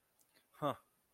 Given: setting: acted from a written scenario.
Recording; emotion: vocal sound without words; anger